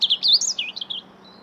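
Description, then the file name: European robin song phrase: quick varied high warbling notes with twisting slurs, fading out after about one second. "Erithacus rubecula"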